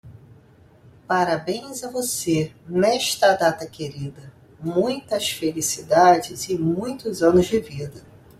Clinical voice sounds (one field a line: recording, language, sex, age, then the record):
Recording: short text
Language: Brazilian Portuguese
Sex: female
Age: 50 to 59 years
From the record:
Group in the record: control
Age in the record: 50 years